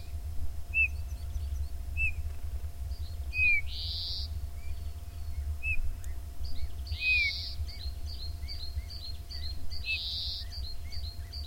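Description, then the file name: Eurasian bullfinch calling with short, soft descending whistles scattered throughout, alongside another bird's buzzy bursts and quick high ticking notes over a steady low rumble. "Pyrrhula pyrrhula"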